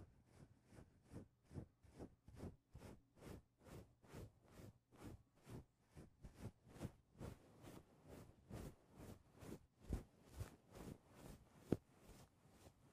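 Mic touching: rapid, regular rubbing strokes, about three per second, each a short scratchy burst from low to bright, with a sharper tap near eleven seconds.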